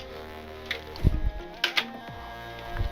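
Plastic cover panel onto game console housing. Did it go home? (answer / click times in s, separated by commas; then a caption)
yes / 1.6 s, 1.8 s. A plastic cover panel is pressed onto a game console housing, with steady music in the background and a few soft knocks and handling noises. Two sharp clicks at 1.6 s and 1.8 s show the panel snapping into place and seating on the housing.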